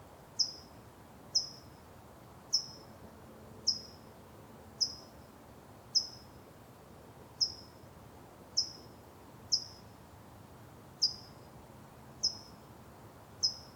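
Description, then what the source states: Bird calls: a short, high, downward-sliding chirp repeated roughly every second, twelve in all, over a quiet low background hiss. Outdoor exterior ambience with birds.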